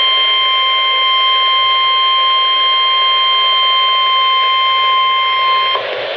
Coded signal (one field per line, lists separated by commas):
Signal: Emergency Alert System (SAME) tones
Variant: 1050 Hz attention tone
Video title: Flash Flood Warning (EAS #125)